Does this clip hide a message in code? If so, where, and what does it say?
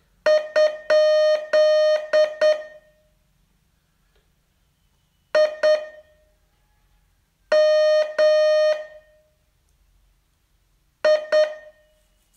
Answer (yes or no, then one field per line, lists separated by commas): yes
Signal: Morse code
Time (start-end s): 0.3-11.5 s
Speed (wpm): 9 wpm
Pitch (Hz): 610 Hz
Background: none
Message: ? I M I